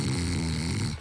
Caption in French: Ronfler.